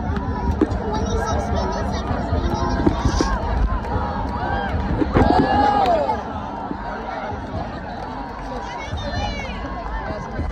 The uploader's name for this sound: soccer game of Colombia vs USA live event in person